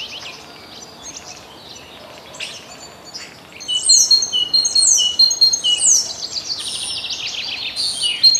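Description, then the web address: Great tit song: high ringing notes repeated from midway, then a faster run of sharp notes, with faint calls of other birds earlier. "Przyroda Ptaki Bogatka"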